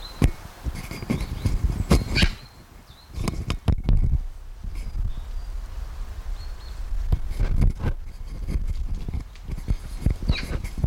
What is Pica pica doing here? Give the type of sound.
call